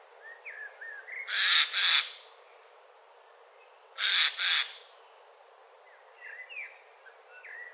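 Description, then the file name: Eurasian jay giving harsh, raspy screeches, two doubled bursts a few seconds apart, with thin whistled notes of small birds in the background. "Garrulus glandarius"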